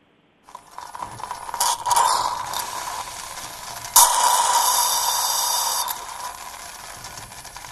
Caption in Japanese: サクションでしょ？。 吸引器ですね。患者さんのこう、。 スーって弾いてくる音ですよね。